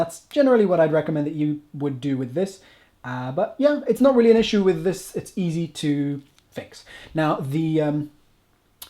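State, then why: Seated. Someone talks for most of the clip while a camera quick-release plate is pushed into the quick-release clamp of a Sachtler FSB4 fluid head on a 535 75/2 tripod. At 8.8 s a short, sharp tick is heard as the plate snaps and seats in the clamp.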